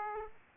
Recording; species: mosquito wingbeat signal from an infrared sensor; Aedes aegypti